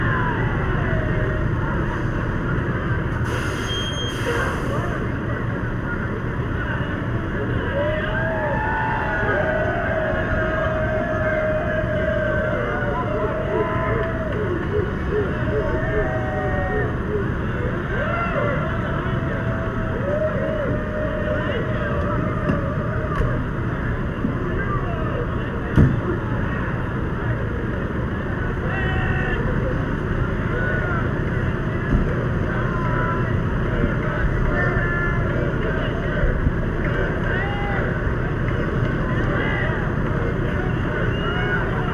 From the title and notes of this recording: San Francisco’s yearly ‘Lesbian, Gay, Bisexual, and Transgender Pride Celebration’. San Francisco’s historic gay community in the Castro District. Here are the sounds from the street, where bars have thrown open their windows against the summer heat. SF Pride.